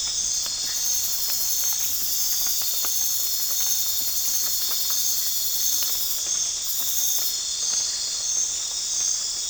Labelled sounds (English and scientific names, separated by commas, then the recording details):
none
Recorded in pastures near Puerto Asís, Putumayo, Colombia, on 25 June 2025 at 23:00
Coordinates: 0.466, -76.322
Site GP07